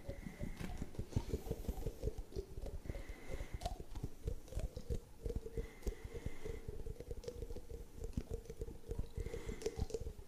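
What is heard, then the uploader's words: Dense, rapid tapping runs the whole ten seconds, a busy patter of overlapping knocks that rarely pauses. The taps are mostly low and woody, with some brighter clicks. A thin steady tone comes and goes about every three seconds. Tapping Overload.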